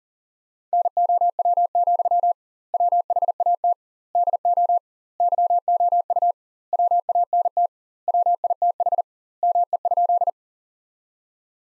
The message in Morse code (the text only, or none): NOW, WHAT DO YOU WANT WITH ME?